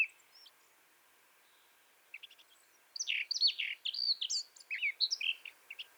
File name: Sylvia atricapilla